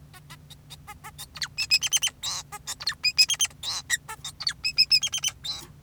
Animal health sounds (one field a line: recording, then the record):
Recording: song of a male Bengalese finch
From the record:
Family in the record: son of father 2, and himself father 4